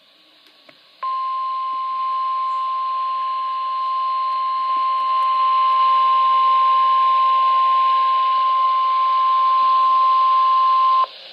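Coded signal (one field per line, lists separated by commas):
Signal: Emergency Alert System (SAME) tones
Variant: 1050 Hz attention tone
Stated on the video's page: NOAA Required Weekly Test received on a weather radio.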